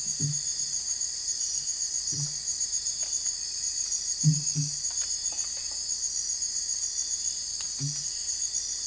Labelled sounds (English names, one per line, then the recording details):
none
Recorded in dense forest near Puerto Asís, Putumayo, Colombia, on 21 December 2024 at 03:00
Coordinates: 0.484, -76.317
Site G026